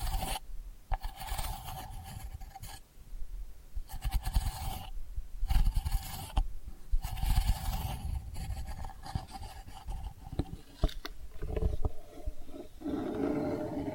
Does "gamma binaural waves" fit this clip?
no